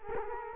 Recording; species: mosquito wingbeat signal from an infrared sensor; Culex quinquefasciatus